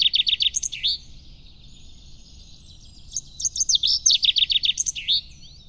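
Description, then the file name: Common chaffinch song: the close of one phrase, then after a pause a full cascading trill of sharp descending notes that finishes in a twisted flourish. "Bird Chaf"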